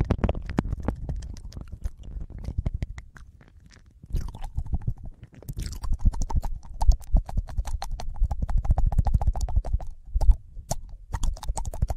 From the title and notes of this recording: Ear licking (ASMR FURRY).